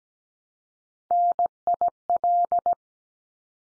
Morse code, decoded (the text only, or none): NIL